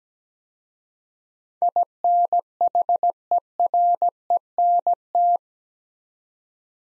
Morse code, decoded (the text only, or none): INHERENT